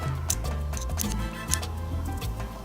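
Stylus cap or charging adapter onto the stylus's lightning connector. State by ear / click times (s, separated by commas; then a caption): not seated / none. An Apple Pencil stylus is handled with its Lightning end and a small plastic cap or charging adapter, over steady music. Short sharp taps and knocks are heard near 0.3, 0.8, 1.0 and 1.5 seconds. Nothing has clicked into place yet.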